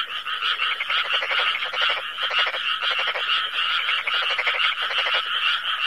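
Frog chorus with rapid pulsed croaks coming in repeated bursts, over a steady buzz of many callers.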